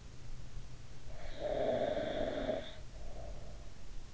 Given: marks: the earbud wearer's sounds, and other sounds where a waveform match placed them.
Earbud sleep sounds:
sounds in sleep by an in-ear microphone; snoring breath
0.98-3.90 s: snoring breath

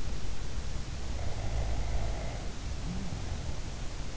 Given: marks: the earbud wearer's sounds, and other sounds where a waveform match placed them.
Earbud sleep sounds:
sounds in sleep by an in-ear microphone; snoring breath
1.37-3.31 s: snoring breath

